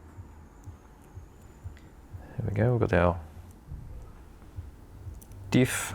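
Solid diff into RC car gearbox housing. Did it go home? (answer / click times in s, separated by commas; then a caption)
no / none. A solid diff is positioned and lined up over the printed gearbox housing of a Grand Prix 3D 1/10th retro Formula 1 RC kit (Type L), ready to be dropped in and pressed home. Light handling taps are heard while someone talks. The diff has not seated or clicked into place yet.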